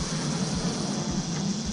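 A keyed wiring connector, a tab with a pin that fits only one way, is lined up by hand before being pushed back into the door trim switch of a Jeep. Only a steady broadband hiss with a low hum sits under the handling. The connector has not clicked or seated yet.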